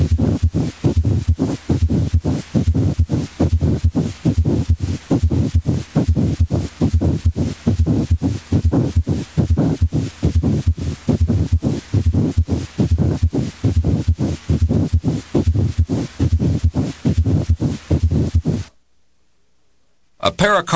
When inflamed pericardial surfaces rub together, they produce characteristic high-pitched friction noises called rubs. Pericardial friction rub is usually heard best and is sometimes palpable over the tricuspid and xiphoid areas. It is usually loud and may become louder during inspiration. The rub has a grating or scratchy, high-pitched sound that is heard best with the diaphragm of the stethoscope.